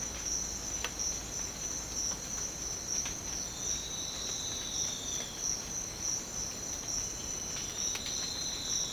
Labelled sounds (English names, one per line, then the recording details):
none
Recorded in dense forest near Puerto Asís, Putumayo, Colombia, on 19 March 2025 at 07:00
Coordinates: 0.500, -76.322
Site GP06